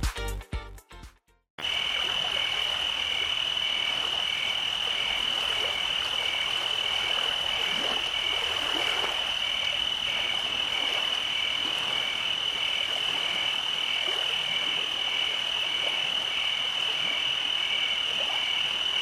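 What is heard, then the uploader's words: Cicadas and crickets keep up a steady, high, unbroken trill, with a faster pulsing chirp running just beneath it. The chorus barely changes for the whole clip. The first second and a half is choppy, with brief dropouts and clicks before the sound settles. At night, the nature relieves the pressure of cicadas and crickets.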